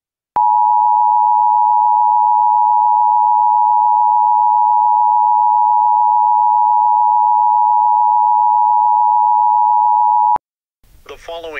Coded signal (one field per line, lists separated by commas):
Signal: Emergency Alert System (SAME) tones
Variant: 853 and 960 Hz attention tone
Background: speech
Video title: EAS Scenario: Ruined Vacation